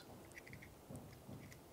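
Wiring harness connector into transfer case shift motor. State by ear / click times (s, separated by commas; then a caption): not seated / none. A wiring harness connector is handled and lined up with the socket on the transfer case shift motor of a 2002-2009 Chevrolet Trailblazer before being pressed home. Only faint handling ticks and soft rustles are heard over a low background rumble. Nothing has clicked or seated yet.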